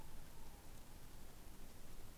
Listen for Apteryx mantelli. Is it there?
no